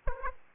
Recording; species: mosquito wingbeat signal from an infrared sensor; Aedes aegypti